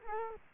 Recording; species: mosquito wingbeat signal from an infrared sensor; Culex quinquefasciatus